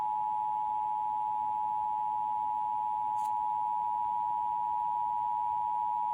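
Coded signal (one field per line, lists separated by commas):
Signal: Emergency Alert System (SAME) tones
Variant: 853 and 960 Hz attention tone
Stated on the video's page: Required Monthly Test EAS alert carried on Comcast cable in Indiana.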